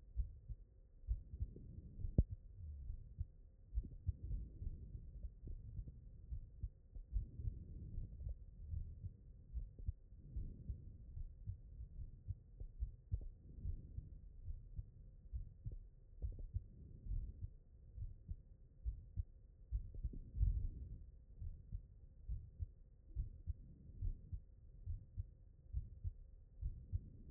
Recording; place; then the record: heart sounds by stethoscope; mitral valve (MV)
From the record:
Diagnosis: non-HFrEF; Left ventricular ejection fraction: 45%